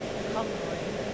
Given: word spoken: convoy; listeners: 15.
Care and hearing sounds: one English word in noise, from a listening test; speech-shaped noise; -4.5 dB; 2 of 15; 6 of 15; 0.74 s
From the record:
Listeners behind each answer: 6, 2, 2, 1, 1, 1, 1, 1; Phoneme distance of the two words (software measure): 57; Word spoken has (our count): 2 syllables, 5 phonemes, stress on syllable 1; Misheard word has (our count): 2 syllables, 6 phonemes, stress on syllable 1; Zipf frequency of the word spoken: 3.48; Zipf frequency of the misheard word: 4.55

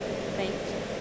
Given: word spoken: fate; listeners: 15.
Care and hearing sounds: one English word in noise, from a listening test; speech-shaped noise; -5.7 dB; 2 of 15; 11 of 15; 0.61 s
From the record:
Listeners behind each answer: 11, 2, 1, 1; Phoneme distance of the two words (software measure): 7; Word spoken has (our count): 1 syllable, 3 phonemes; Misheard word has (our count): 1 syllable, 4 phonemes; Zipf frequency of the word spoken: 4.22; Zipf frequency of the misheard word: 3.75

